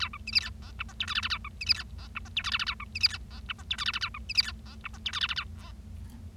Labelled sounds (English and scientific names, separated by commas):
Bengalese Finch (Lonchura striata domestica) song